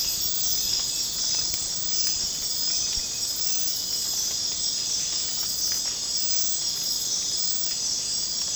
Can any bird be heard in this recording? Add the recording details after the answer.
no. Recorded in secondary vegetation near Puerto Asís, Putumayo, Colombia, on 25 June 2025 at 00:30. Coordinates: 0.484, -76.319. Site G074